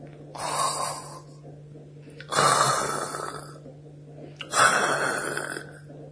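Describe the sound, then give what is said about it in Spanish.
A giant ogre snores: three loud, rasping snores in a slow, steady rhythm, each a long rough inhale with a harsh, gravelly rattle, separated by quieter breathing and a low steady hum underneath. “Suena el ronquido del ogronte.”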